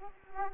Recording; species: mosquito wingbeat signal from an infrared sensor; Aedes aegypti